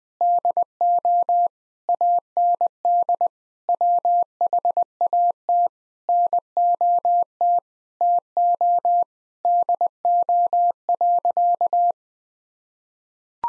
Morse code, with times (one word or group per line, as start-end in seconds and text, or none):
0.2-1.5 DO
1.9-3.3 AND
3.7-5.7 WHAT
6.1-7.6 NOT
8.0-9.0 TO
9.4-11.9 DO.